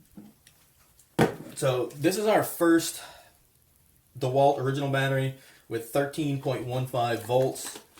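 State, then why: Not seated. Someone talks while handling an original DeWalt 18V slide-in battery pack, which reads 13.15 volts, at the handle of a cordless impact wrench. Only faint handling knocks and rustles are heard, near the start and again around 3.5–4.0 seconds. Nothing has seated or clicked yet.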